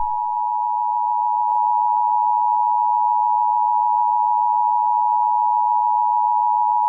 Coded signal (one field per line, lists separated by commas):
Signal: Emergency Alert System (SAME) tones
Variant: 853 and 960 Hz attention tone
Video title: EAS Scenario - Serial Killer